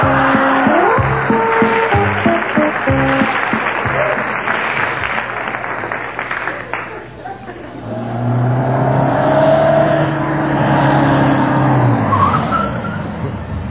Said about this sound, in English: why'd you pull over? The car's out of gas. But the gas gauge says half full.